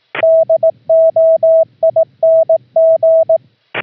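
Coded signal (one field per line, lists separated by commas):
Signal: Morse code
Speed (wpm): 18 wpm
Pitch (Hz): 650 Hz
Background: none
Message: DOING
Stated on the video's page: CW sent as audio tones (AFCW) from a remote laptop's microphone jack over an OPUS audio-over-IP link, keying the home rig via VOX.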